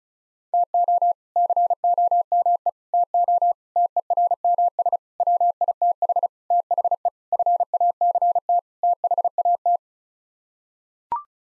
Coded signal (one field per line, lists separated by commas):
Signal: Morse code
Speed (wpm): 34 wpm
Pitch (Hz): 700 Hz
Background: none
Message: TO COME TO TERMS WITH THE FACT THAT